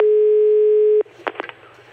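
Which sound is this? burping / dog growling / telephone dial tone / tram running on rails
telephone dial tone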